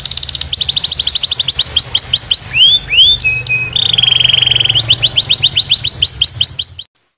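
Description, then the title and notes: Canary giving a loud rapid trill, then rising swooped notes and a sustained buzzy trill, before quick sweeping chirps return; a steady low hum runs beneath until it stops. Canary master (masteran) song, described as solid (mantap). "Suara Burung Kenari Masteran. master suara burung kenari mantap"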